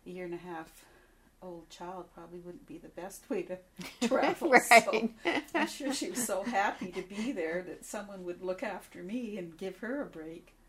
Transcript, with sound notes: year and a half old child probably wouldn't be the best way to travel (both laugh)
Right.
So I'm sure she's happy to be there that someone would look after me and give her a break.